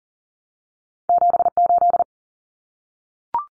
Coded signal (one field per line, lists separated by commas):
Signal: Morse code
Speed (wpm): 40 wpm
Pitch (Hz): 700 Hz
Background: none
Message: 78